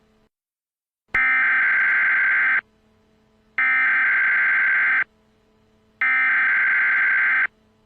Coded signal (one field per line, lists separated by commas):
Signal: Emergency Alert System (SAME) tones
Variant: header bursts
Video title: THE BIOHAZARD. a EAS scenario